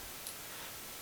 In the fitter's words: then you want to take your green ring push it down inside the Hub shell it'll kind of snap into place so everything's in there nice and tight